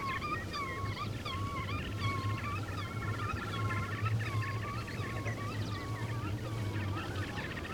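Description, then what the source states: Black-tailed godwit song, wavering repeated whistled phrases rising and falling, against a low steady hum. Song rendered as 'vereten, vereten', the source of the bird's Russian name.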